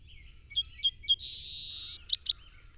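Song sparrow song opening with three spaced sharp notes, then a drawn-out buzzy note and a brief burst of bright notes.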